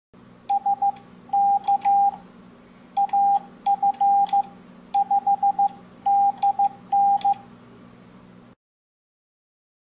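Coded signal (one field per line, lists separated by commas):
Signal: Morse code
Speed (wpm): 15 wpm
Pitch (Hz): 800 Hz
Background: none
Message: SK AF5DN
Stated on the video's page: QRP radio with batteries in an EMP-resistant can for disaster readiness.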